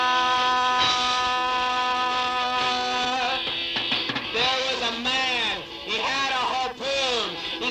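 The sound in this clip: Manatee calls: harmonic squeaks and chirps, steady tonal notes at first, then arching, wavering squeals.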